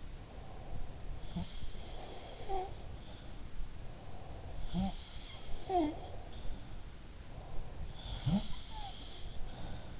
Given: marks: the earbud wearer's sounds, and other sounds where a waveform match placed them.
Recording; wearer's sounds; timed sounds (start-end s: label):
sounds in sleep by an in-ear microphone; breath
0.00-2.61 s: breath
0.92-3.02 s: sound from someone else or the room
3.63-6.40 s: breath
4.53-6.40 s: sound from someone else or the room
7.45-9.99 s: sound from someone else or the room